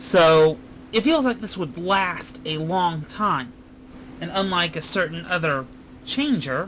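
A plastic toy changer is handled next to the toy belt it locks onto by a tab, while someone talks throughout over a faint steady hum. Nothing has seated or clicked yet; the changer has not gone home on the belt.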